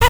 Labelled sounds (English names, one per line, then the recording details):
Zebra Finch stack call
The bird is a male
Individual mal1